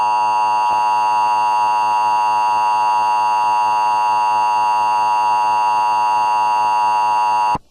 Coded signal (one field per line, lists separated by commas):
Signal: Emergency Alert System (SAME) tones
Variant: 853 and 960 Hz attention tone